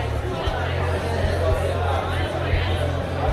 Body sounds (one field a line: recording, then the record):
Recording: background sound without coughing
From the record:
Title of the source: CITY SOUNDS Busy Bar in the Evening Night - 2 HOURS of Ambiance for Relaxation